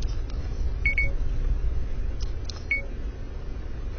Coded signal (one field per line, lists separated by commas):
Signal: none